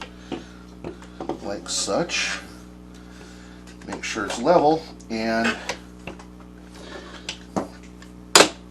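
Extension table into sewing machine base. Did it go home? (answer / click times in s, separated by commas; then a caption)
yes / 8.4 s. A plastic quilting extension table is leveled and pushed onto the free arm of a Brother HC1850 sewing machine while someone talks, with small scattered taps and handling clicks along the way. At 8.4 s it locks into place on the machine base with one loud, sharp click, and the table is seated.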